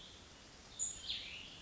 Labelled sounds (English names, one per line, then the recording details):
Cassin's Vireo
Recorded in Sonoma County, California